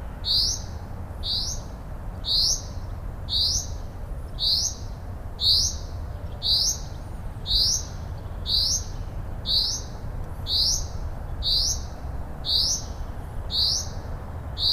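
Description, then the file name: Common Chaffinch giving a short, high, upslurred call note about once a second, steadily repeated throughout, over a constant low rumbling background. "Fringilla coelebs"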